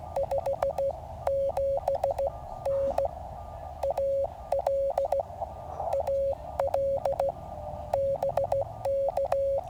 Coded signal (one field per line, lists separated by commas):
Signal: Morse code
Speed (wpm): 16 wpm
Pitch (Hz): 550 Hz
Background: music, radio noise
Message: 57N AL AL BK